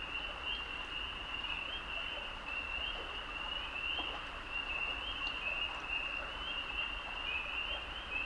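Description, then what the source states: Toads singing in a dense chorus of overlapping trills that continue throughout, with a steady wash of background noise beneath. Male toads singing love songs from the water in a wetland hollow near a beaver dam; May 2018, height of spring, upstate New York.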